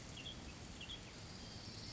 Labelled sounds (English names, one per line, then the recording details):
Western Tanager
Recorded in Sonoma County, California